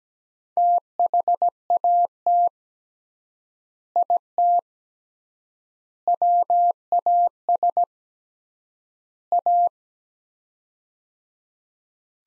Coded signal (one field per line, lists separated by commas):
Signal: Morse code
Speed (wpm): 17 wpm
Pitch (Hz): 700 Hz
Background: none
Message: THAT IT WAS A